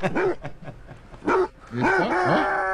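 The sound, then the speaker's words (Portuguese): A dog barks in a hoarse, rough voice, a few ragged barks with pauses between them and then a longer strained run of rasping barks at the end. “Nossa, esse tá cansado, tá rouco, hein?”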